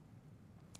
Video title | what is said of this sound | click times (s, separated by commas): MADE Shopping - TV and Digital Streaming featuring Charles & Colvard | open in the back slide it in you'll hear it audibly click now I want you to see the front | 0.8 s